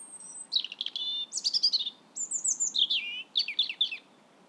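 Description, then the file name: European robin song: short bursts of high warbles and trills separated by brief pauses, thin whistled notes mixed with rapid, jangling phrases. "Erithacus rubecula"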